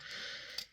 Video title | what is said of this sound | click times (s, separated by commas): Blokees got me to get a toy of my least favorite character in all of Transformers! | there's like no sound of it well there's kind of a little click but look at that it's just | 0.6 s